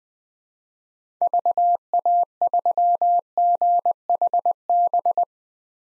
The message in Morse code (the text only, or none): VA3GHB